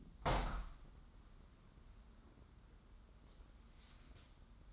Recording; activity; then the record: daily activity, microphone in the room; open window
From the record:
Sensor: 3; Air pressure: 994.3 hPa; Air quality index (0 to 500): 207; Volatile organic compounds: 1000 ppm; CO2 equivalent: 6936 ppm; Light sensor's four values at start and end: 105/253/102/96 and 113/268/110/103